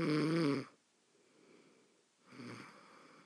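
A loud, rattling, low-pitched snore from an adult asleep, then a quiet pause and a softer second breath sound.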